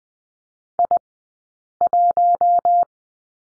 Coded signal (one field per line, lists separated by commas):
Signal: Morse code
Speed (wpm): 20 wpm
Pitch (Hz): 700 Hz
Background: none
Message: I1